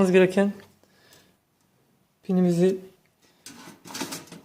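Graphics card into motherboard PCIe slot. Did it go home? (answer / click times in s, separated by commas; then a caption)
no / none. A graphics card's pins are lined up over a motherboard PCIe slot before the card is pushed home. Someone talks, and then soft broadband handling and rustling noises follow from about 3.5 s to the end. Nothing has seated or clicked yet.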